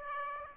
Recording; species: mosquito wingbeat signal from an infrared sensor; Aedes aegypti